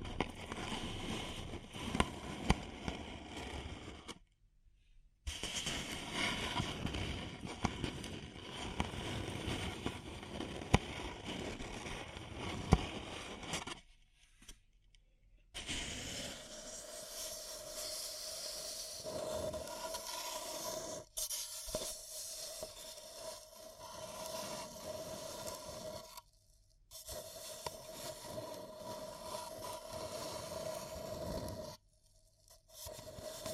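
Paper cup tingles: dense crinkling and scraping in bursts separated by brief silences near 5, 14, 26 and 32 seconds, with crackly, bright textures.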